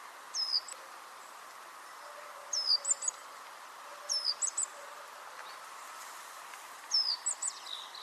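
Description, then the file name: Great tit calling with brief high phrases, each a falling whistle and two or three clipped notes, repeated four times at uneven intervals against soft background hiss. "Parus major"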